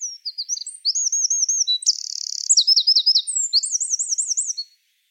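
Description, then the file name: Eurasian wren song of high chips, then a rattling trill and rippling wavy phrases, ending after about four and a half seconds. "Troglodytes troglodytes"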